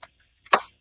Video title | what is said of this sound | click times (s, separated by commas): Electric Assistance Collapsible Folding Garden Wagon #wagon #electric #hauling | it locks into place | 0.5 s